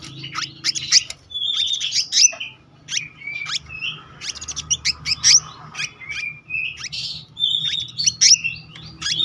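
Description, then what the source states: Selendang biru songbird singing a fast, chattering run of sharp chirps and short whistled slurs, with brief pauses between bursts and a faint low hum underneath. Song in the continuous rolling style called gacor ngeroll, with isian (filler notes).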